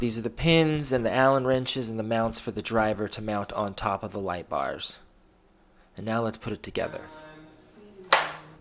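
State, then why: Seated. Someone talks while unpacking the pins, Allen wrenches and driver mounts for a GeekBeast Pro 630 W LED grow light, then pops an LED light bar fixture into its mount on the grow light frame. A sharp, loud click at 8.1 s confirms the fixture is seated.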